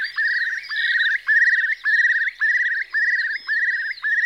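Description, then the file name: Eurasian curlew bubbling song: a steady series of warbled trills, each opening with a quick upward slur, with high chattering birds behind. "Storspov"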